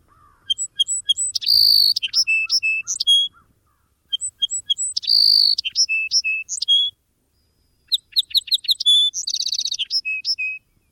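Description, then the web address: Song sparrow song repeated three times, with clear notes, buzzy bursts and fast, varied trills, in a quiet background. "Thumbs Plus Zoo Field Guide"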